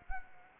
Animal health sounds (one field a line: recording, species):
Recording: mosquito wingbeat signal from an infrared sensor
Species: Anopheles arabiensis